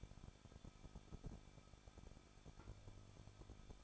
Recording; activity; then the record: daily activity, microphone in the room; no activity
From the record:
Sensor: 5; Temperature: 20.9 degrees Celsius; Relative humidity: 38.2%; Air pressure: 1006.4 hPa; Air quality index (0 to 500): 189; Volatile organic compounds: 19 ppm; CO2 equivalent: 2663 ppm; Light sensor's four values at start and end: 2/3/1/1 and 2/3/1/1